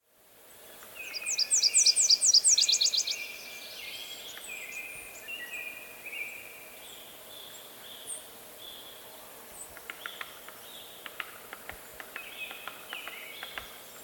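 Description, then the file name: Nashville warbler song opens: bright repeated high notes running into a rapid trill, then lower buzzy notes and scattered soft clicks and chips over a constant hiss. "Leiothlypis ruficapilla - Nashville Warbler"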